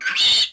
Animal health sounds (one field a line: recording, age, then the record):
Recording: pig call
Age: piglet (1 to 25 days)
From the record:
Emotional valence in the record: negative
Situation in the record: restrain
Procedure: sham castration, cut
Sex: male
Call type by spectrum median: high-frequency call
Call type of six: high-frequency modulated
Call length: 0.52 s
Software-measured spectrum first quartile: 2988 Hz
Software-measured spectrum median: 3677 Hz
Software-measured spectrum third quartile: 4511 Hz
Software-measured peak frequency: 3578 Hz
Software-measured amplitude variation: 138 dB a second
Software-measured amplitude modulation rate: 19.2 a second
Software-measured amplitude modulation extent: 7.2 dB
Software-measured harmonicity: 5.2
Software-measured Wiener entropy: -2.64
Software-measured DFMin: 660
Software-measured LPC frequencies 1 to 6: 1538, 3019, 3667, 4414, 6565, 7359 Hz